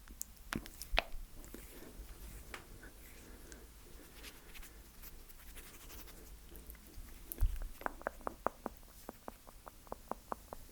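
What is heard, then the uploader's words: Slow mouth sounds: soft wet clicks and pops land irregularly over the first few seconds, with a quieter stretch in the middle. After a stronger pop near seven seconds, crisp clicks arrive in a steady, quickening rhythm until the end, over a faint hush. ASMR Slow Mouth Sounds That Will Make You Tingle.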